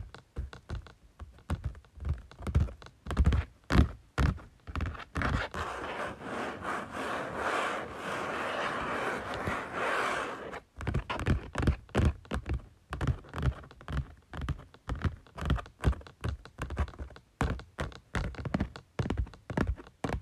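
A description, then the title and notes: Quick, irregular taps on a folder, with a steadier scraping rustle from about five to ten seconds before the tapping resumes. Tapping Folder.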